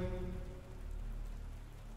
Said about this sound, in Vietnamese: Cộp một tiếng, cái gậy trên tay bà Năm rớt xuống, xé toạc cái tiếng mưa dày đặc bủa vây.